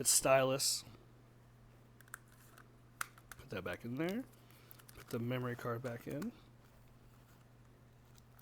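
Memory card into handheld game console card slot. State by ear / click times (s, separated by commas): not seated / none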